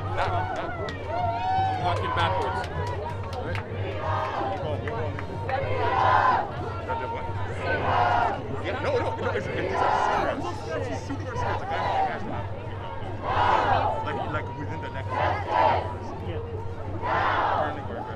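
Street protest ambience: a dense, continuous babble of many voices with no single speaker standing out. Louder bursts of talking and shouting swell every couple of seconds, over a steady low hum that runs underneath throughout.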